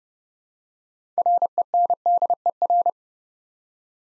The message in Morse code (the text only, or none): RENDER